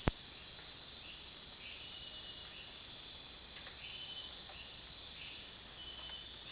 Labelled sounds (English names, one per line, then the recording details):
none
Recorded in dense forest near Puerto Asís, Putumayo, Colombia, on 23 June 2025 at 02:00
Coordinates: 0.466, -76.327
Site GP04